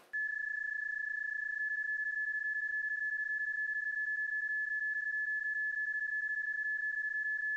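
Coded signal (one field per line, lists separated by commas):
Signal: PSK31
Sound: a single steady high warbling tone held unchanged for the whole clip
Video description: There is no point in trying to resolve or decode the PSK31 tones heard in the video during the PSK31 QSO, these are not the tones associated with the actual QSO, rather they are a sound effect that has been stretched and looped to fit the video footage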